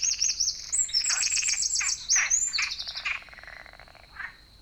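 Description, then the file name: Eurasian wren delivering a rapid high song of trills and chattering notes lasting about three seconds, fading to faint calls. "Troglodytes troglodytes"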